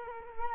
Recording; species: mosquito wingbeat signal from an infrared sensor; Culex quinquefasciatus